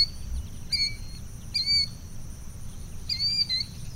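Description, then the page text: Killdeer, three shrill calls at uneven intervals, each a sharp slurred note, over faint low rumble. "Mike Nelson - Крикливый зуек (Charadrius vociferus)"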